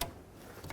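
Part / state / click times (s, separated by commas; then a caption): heater hose quick connector onto coolant pipe fitting / seated / 0.0 s. A heater hose quick-connect fitting on a 2001–2007 Volvo V70 is slid over and pushed onto the coolant pipe, giving a sharp click at 0.0 s followed by a quieter tap near 0.7 s. The connector is seated and locked in.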